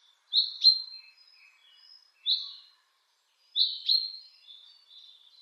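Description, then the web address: Common chaffinch uttering short, sharp call notes in three bursts. "Schulze Peter Chaffinch calls"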